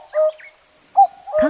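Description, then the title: Common cuckoo calling, a clear low two-note cuck-oo with the second note slightly lower, preceded by a similar single note; a brief noisy burst overlaps the end. Recorded at Zao, Japan. "蔵王のカッコウ"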